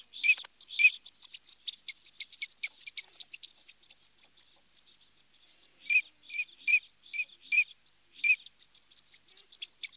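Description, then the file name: Eurasian teal giving short whistled notes, two loud ones at the start, soft scattered notes, then a brisk cluster of clipped whistles later on. "Alzavola"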